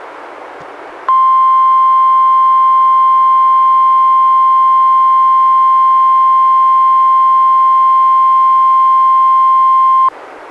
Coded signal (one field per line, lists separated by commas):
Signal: Emergency Alert System (SAME) tones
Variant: 1050 Hz attention tone